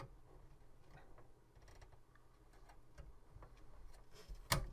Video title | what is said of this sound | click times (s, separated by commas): I T Essential Day 7 Continues... | clicks into place. Awesome. | 4.5 s